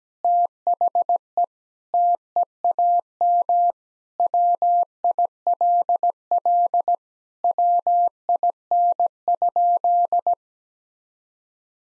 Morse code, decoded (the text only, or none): THE TEAM WILL WIN?